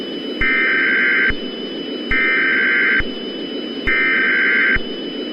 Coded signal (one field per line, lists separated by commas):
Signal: Emergency Alert System (SAME) tones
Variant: header bursts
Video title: EAS Scenario: The Coldest Day Ever Recorded in History #easscenario #heavysnowfall